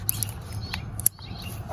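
An electrical connector is pushed onto an ignition coil on a 2007–2017 Toyota Camry 3.5 during valve cover gasket and spark plug seal replacement. Sharp clicks sound at 0.1 s and 1.1 s, with fainter ticks in between over a low background hum. The last coil wiring connector clicks in and is seated.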